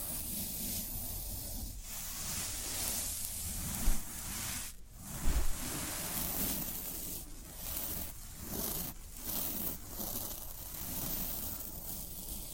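Floral foam being worked, giving a dense, steady crackling hiss that runs through nearly the whole clip. The texture breaks off in brief pauses every second or two, and two soft low knocks land near the four- and five-second marks.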